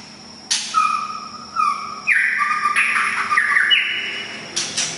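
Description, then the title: Oriental magpie-robin breaking a quiet start with bursts of slurred whistles and chattering notes, then a brief pause and a final short phrase. "kacer"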